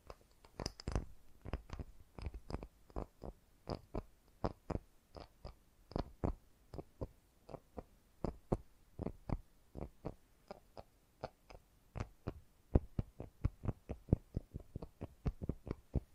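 Quick, gentle tapping runs steadily through the whole stretch, roughly three taps per second with a few tighter clusters. Each tap is short and soft with a dull, muted knock, some landing a touch louder than others, over a quiet background.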